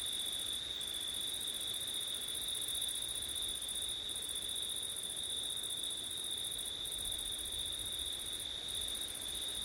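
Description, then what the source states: Crickets singing in a constant high trill, the shrillest layer dropping out briefly about four times. Crickets on a windy September night; ORTF stereo.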